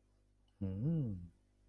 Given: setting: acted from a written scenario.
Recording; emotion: vocal sound without words; interest